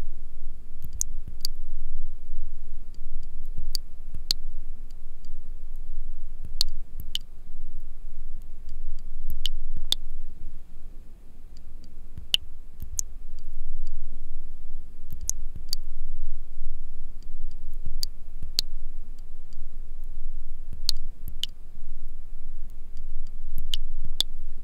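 Water drops fall one at a time, each landing as a sharp, bright tick, often in quick pairs, every second or two across the whole stretch. Underneath runs a steady, soft low rumble that barely changes, dipping slightly around the middle.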